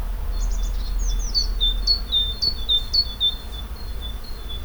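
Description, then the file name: Great tit calling with quick high notes that slide downward, in a rapid series, over a low rumbling background. "Parus major"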